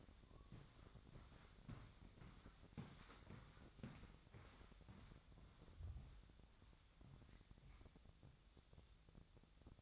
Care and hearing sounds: daily activity, microphone in the room; walk to room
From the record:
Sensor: 3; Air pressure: 999.4 hPa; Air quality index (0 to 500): 195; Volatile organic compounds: 43 ppm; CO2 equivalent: 3191 ppm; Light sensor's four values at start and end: 8/20/8/8 and 8/20/8/8

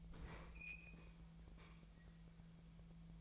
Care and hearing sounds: daily activity, microphone in the room; open fridge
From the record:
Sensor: 1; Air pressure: 1009.8 hPa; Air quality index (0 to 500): 191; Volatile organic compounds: 18 ppm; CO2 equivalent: 2613 ppm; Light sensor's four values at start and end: 33/84/35/42 and 33/84/35/43

